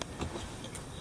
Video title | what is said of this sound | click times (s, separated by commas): 11 Fenêtres | donc là ça se clipse on | 0.0 s